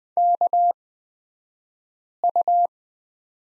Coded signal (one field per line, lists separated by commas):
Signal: Morse code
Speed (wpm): 20 wpm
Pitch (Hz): 700 Hz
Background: none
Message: KU